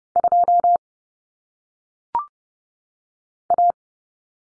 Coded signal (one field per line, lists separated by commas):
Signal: Morse code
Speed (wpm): 30 wpm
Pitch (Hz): 700 Hz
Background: none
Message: 2 A